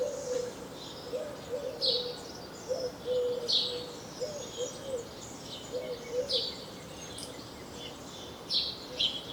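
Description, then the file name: House sparrow chirps, scattered high notes in small bursts, with a low wavering hoot-like tone beneath. "Passer domesticus"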